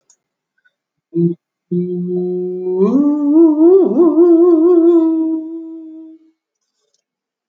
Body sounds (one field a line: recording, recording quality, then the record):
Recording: sustained vowel as in boot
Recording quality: excellent, no background noise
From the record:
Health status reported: COVID-19 positive, moderate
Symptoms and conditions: cold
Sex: female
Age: 50 years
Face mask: not worn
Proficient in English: yes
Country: France